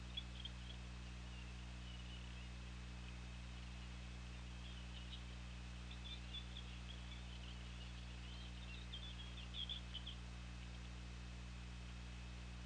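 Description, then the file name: Orca calls: faint high squeaks and chirps. They bunch together in the middle and near the end, beneath a constant low hum and hiss. Underwater hydrophone, 19 September 2017 at 01:51. "Orca Lab UTLN JASON"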